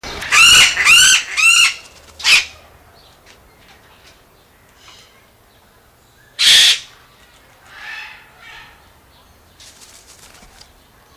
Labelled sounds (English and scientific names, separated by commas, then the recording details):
Lord Derby's Parakeet (Psittacula derbiana) call
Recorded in captivity
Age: adult
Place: Zoo Berlin, Berlin, DE
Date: 1999-08-23 15:27
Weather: wolkig, ca. 17-18°C
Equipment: Sony WM-D6C, Sennheiser ME 80, Kopie Uher 4000 Report Monitor
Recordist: Tembrock, Günter
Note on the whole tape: Einzeltier (am Gitter zum Nachbarkäfig auf Stange sitzend): lange Rufreihe (Entfernung ca. 1 m)